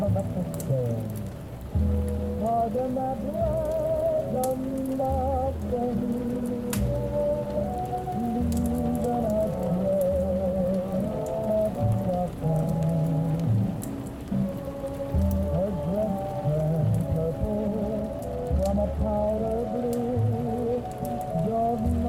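Oldies music plays in another room, muffled, with a steady bass line and a wavering melody carried mostly in the low and middle tones. A continuous crackling hiss sits over it, with occasional sharp ticks, and the level stays even for the whole stretch.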